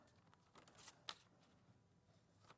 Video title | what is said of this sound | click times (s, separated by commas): Honey Doo Crafts - Floral Rounds and more10th December 2024 6pm show | somewhere there we go it kind of Clicks in place it does it will give there you go | 1.1 s